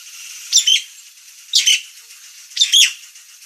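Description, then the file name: Nias hill myna giving three doubled rasping calls about one second apart, each a quick harsh two-part burst over a hissing background. Described as a persistently singing (gacor), noisy (berisik) Nias myna. "Kicau Jalak Nias Gacor Suara Berisik"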